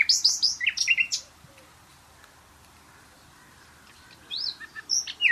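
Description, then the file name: Common nightingale song: a phrase of varied whistles and trills, a silent gap, then another varied phrase. "Luscinia megarhynchos"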